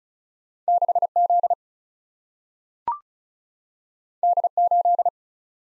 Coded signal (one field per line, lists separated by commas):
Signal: Morse code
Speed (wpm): 36 wpm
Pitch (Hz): 700 Hz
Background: none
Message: 6Z D8